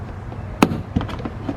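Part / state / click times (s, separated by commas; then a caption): plastic door panel retaining clip in car door frame / released / 0.6 s. A plastic pry tool is worked around the edge of a 2008-2013 Nissan Rogue door panel, popping a plastic retaining clip out of the metal door frame during side mirror removal. A sharp, bright snap at 0.6 s releases the clip, followed by softer knocks and rattles around 1.0 s and 1.3 s against low background noise.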